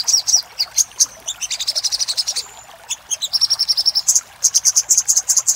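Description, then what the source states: Little spiderhunter song: rapid bursts of sharp, high chipping notes, some fast trills and a brief thin whistle, broken by short pauses. Master recording for training cage birds, Labaik style.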